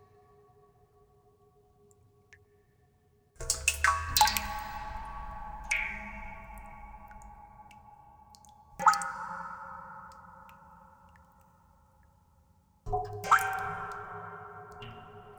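Dripping drops strike a resonant surface three times, at roughly four, nine and thirteen seconds, each a bright plink that rings on as a bell-like tone and slowly fades. A faint low hum with a steady tone fills the quiet opening.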